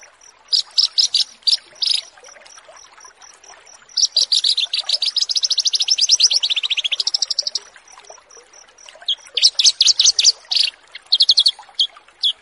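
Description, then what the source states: Horsfield's bush lark song: bursts of high chirps and a long rapid trill sliding slightly downward, with pauses between phrases and a faint steady high dotted tone behind. Bird-keeping song tutoring (masteran) recording.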